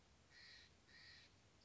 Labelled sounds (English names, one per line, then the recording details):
Steller's Jay
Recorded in Sonoma County, California